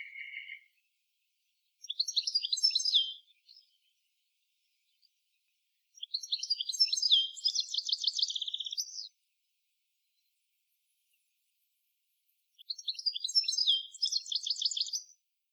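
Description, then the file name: European goldfinch singing fast liquid twitters and buzzy trills in three bursts, opening with a brief pure note, quiet gaps between phrases. "Carduelis carduelis"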